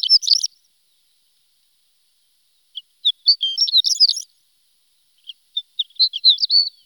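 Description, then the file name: Horned lark song: high, tinkling phrases of quick chirps and twitters, given in three bursts separated by pauses, on a clean, quiet background. "shore lark"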